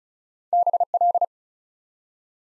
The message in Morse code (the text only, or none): BL